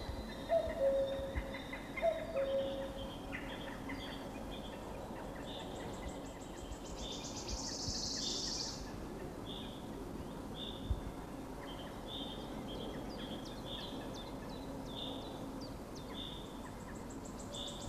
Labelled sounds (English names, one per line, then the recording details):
Common Cuckoo song
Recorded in the wild
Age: adult
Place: Villach, Kärnten, AT
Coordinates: 46.591, 13.824
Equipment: Uher 4100 Report-V
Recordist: Brunner, Thomas